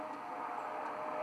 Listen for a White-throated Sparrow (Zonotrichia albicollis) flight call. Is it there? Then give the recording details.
no. No flight call is heard. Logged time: 23:07 on 14 December 2014